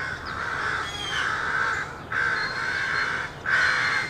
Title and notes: Field Recording: The Wild and Raucous Sounds of Crows Cawing in the Treetops. a field recording of rowdy crows loudly cawing in the treetops amidst the sounds of other birds -- and since this was recorded in an urban park -- also you may hear the sounds of morning traffic